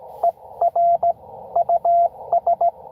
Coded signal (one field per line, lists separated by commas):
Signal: Morse code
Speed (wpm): 21 wpm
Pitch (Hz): 700 Hz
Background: radio noise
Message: ER US